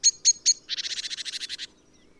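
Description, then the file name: Great tit call: three sharp, high notes in quick succession, then a fast dry churring rattle of about a dozen pulses. "Parus major"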